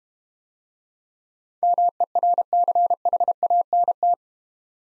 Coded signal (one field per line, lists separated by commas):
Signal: Morse code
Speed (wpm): 32 wpm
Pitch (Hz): 700 Hz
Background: none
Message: MERCHANT